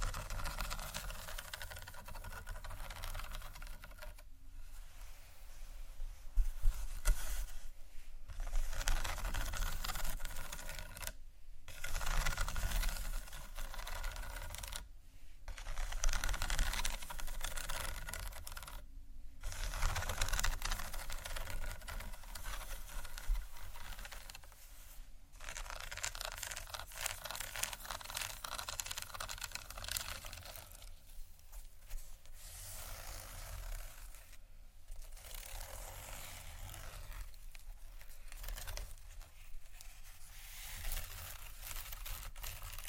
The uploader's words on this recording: Plastic, glass, rattle, tapping, scratching, waves.